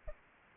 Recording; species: mosquito wingbeat signal from an infrared sensor; Aedes albopictus